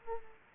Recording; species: mosquito wingbeat signal from an infrared sensor; Culex quinquefasciatus